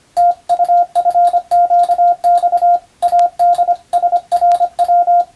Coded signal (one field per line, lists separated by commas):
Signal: Morse code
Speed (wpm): 25 wpm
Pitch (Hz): 700 Hz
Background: radio noise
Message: TUFQX ADSRW